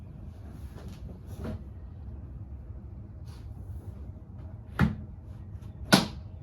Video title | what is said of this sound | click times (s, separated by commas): 2011 Chrysler 300 front passenger window replacement | Y'all heard that? Snap right in. | 4.8 s, 5.9 s